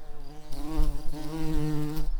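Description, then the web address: Tree bumblebee buzzing: a low, rich, steady hum with many overtones. Queen. "bumblebees Hypnorum-queens"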